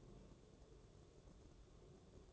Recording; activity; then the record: daily activity, microphone in the room; take from stove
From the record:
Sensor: 3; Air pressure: 1008.1 hPa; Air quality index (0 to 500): 132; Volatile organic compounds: 2 ppm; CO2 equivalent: 1095 ppm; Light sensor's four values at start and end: 8/20/8/8 and 8/20/8/8